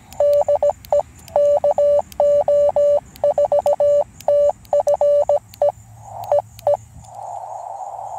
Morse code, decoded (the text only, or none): DE KO4TFE EE